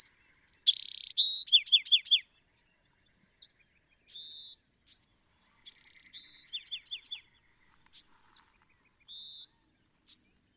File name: Bewick's Wren